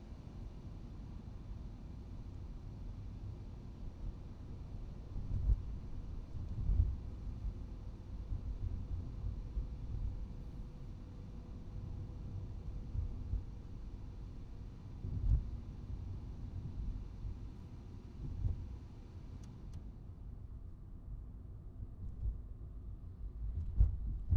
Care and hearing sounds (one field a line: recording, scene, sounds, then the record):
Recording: everyday scene through a hearing-aid microphone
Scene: in a vehicle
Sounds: engine, highway traffic jam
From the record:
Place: Skoda Fabia, gasoline engine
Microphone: in the ear canal, right